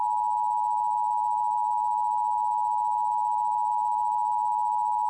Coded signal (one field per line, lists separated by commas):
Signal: Emergency Alert System (SAME) tones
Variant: 853 and 960 Hz attention tone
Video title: EAS Pennsylvania Statewide Required Monthly Test - April 16th, 2026 - WAHC TV